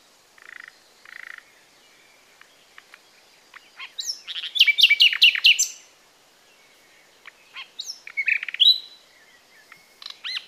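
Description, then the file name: Common nightingale song: soft low notes, then a rich burst of clicks and whistled chirps, followed by further scattered whistled phrases. "Luscinia megarhynchos"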